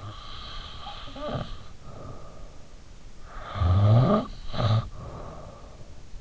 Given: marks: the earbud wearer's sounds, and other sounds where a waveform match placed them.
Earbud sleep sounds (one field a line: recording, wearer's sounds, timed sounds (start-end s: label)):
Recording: sounds in sleep by an in-ear microphone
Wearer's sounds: snoring breath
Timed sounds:
0.03-3.09 s: snoring breath
3.39-5.98 s: snoring breath